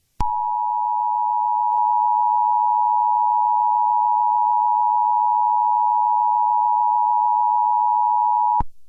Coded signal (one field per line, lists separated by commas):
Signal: Emergency Alert System (SAME) tones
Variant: 853 and 960 Hz attention tone